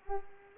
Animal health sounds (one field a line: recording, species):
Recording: mosquito wingbeat signal from an infrared sensor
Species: Culex pipiens